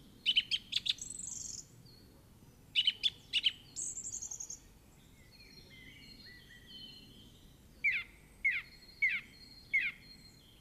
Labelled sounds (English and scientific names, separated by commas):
Song Thrush (Turdus philomelos) song